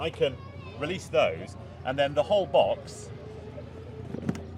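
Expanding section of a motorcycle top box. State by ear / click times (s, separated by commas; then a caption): seated / 4.3 s. Someone talks while the expanding section of a plastic motorcycle top box is expanded to its larger size for an extra 12 L of space. Short latch clicks sound at about 4.3 and 4.4 seconds as it locks into place.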